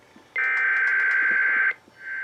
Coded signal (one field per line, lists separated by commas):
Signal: Emergency Alert System (SAME) tones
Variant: header bursts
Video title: Southern Oregon's RMT via KVIP (EAS #2661-2662)